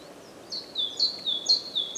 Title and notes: Głodówka, Kraj żyliński, Słowacja - Great voice of a great tit. Recordist: Maciej Wirmański